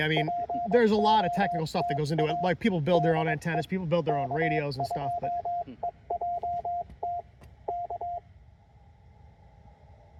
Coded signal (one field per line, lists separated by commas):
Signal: Morse code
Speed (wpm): 21 wpm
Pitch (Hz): 700 Hz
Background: speech, radio noise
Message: POTA DE K2EJT K